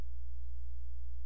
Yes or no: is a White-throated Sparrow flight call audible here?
no